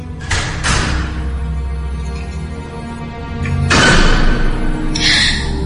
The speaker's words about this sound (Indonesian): Hingga tiba-tiba terdengar suara pintu yang terbuka dan terbanting tertutup kembali.